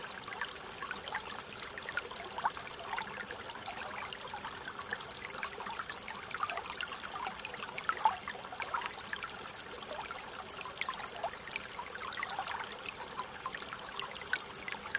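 Gentle river water flows along the bank, a steady, unbroken trickle with dense, fine splashing and small bright drips scattered throughout. The sound stays even for the whole stretch, with only faint low rumble beneath and no other sounds.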